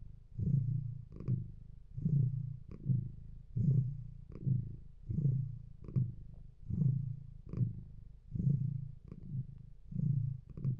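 A cat purrs in a steady, low rumbling rhythm, each breath cycle lasting under a second and repeating about thirteen times. The purr swells and fades with every breath, with faint clicks and a soft rasp riding on top, and no other sounds around it.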